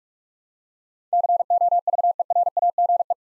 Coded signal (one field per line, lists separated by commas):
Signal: Morse code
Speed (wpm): 47 wpm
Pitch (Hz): 700 Hz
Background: none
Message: COVERAGE